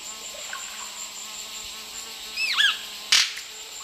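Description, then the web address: White-bearded manakin lek call: one quick whistled phrase of looping, falling notes, then a sharp dry wing snap and a fainter second snap, over steady high insect buzzing. Male at a lek giving lek calls with wing snaps, Eastern Lowlands, South America. "S America Eastern Lowlands Manacus manacus, lek call and wing snaps male"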